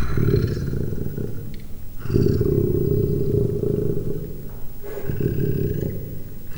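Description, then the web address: Leopard cub growling in long, low, rasping rumbles with a couple of brief breaks. Three-month-old leopard cub growling, captive at a zoo in Miskolc, 2009, recorded from a few centimetres away. "miskolcizoo 2009 standardt leopard"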